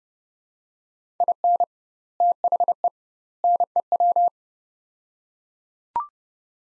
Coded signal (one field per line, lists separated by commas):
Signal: Morse code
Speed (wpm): 32 wpm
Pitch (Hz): 700 Hz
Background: none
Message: IN THE NEW